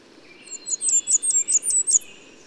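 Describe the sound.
Bird song: a quick run of about seven sharp, very high notes delivered evenly in under two seconds, over faint steady background noise.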